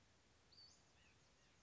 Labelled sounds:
Western Flycatcher
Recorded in Sonoma County, California

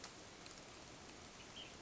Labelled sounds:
Ash-throated Flycatcher
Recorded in Sonoma County, California

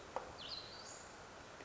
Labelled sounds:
Western Flycatcher
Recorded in Sonoma County, California

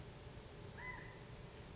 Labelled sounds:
California Quail
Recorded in Sonoma County, California

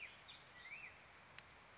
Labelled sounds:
Black-headed Grosbeak
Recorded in Sonoma County, California

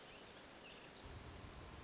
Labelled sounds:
Hermit Thrush
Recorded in Sonoma County, California

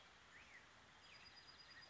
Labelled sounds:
Black-headed Grosbeak
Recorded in Sonoma County, California

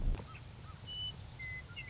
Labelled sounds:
Western Meadowlark
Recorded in Sonoma County, California

